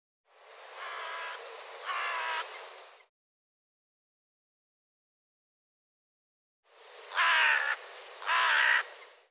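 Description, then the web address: Bird giving harsh, hoarse caws: a pair of rasping calls, a few seconds of silence, then another louder pair. "cianscape birddata Deverinetal 2025"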